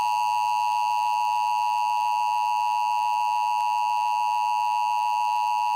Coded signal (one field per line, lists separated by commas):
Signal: Emergency Alert System (SAME) tones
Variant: 853 and 960 Hz attention tone